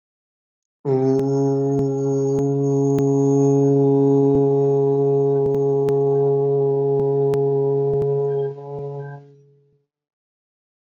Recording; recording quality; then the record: sustained vowel as in boot; moderate, slight background noise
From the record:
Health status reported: respiratory illness, not identified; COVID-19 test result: not tested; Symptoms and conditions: breathing difficulty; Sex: male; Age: 22 years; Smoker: not ticked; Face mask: not worn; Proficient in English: yes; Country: India